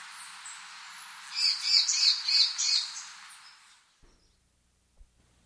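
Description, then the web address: Lesser greenlet song: a quick run of five high, slurred chirps over about a second and a half, with a faint hiss of background noise and a soft thump afterward. South America. "Natures Songs S America Lesser Greenlet"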